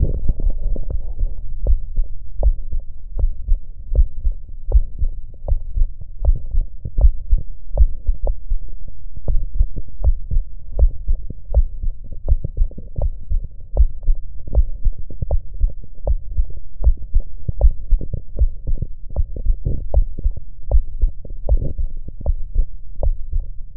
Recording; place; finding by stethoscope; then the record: heart sounds by stethoscope; pulmonary valve (PV); normal heart sounds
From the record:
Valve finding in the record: normal valve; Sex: female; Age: 39 years